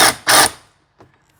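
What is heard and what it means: A power tool tries to undo a rounded-out 5 mm Allen bolt holding down the water pump area of the engine water pump housing on a 2012 VW Tiguan 2.0L TSI. Two loud, broad whirring bursts in the first half second are followed by faint ticks at 1.0, 1.1 and 1.3 seconds as the bit spins and slips in the head. The head is stripped and the bolt does not come undone.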